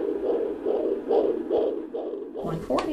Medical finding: Baby's heartbeat. 140s. Completely normal.